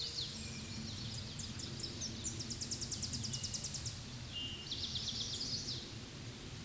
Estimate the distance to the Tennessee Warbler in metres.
about 35 m